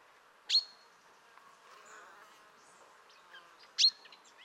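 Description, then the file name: Common chaffinch calls: two sharp, bright notes sweeping down into a short level tail, about three seconds apart, over a faint background hiss. "Fringilla coelebs"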